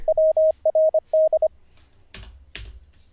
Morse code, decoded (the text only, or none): WRD